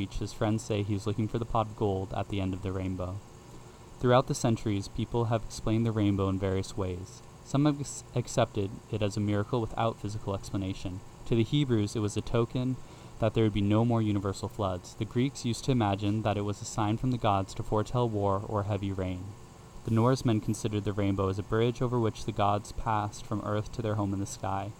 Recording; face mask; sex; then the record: reading aloud; none; male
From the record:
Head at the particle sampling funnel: facing it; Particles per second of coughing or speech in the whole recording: 0.425